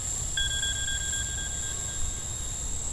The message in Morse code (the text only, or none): none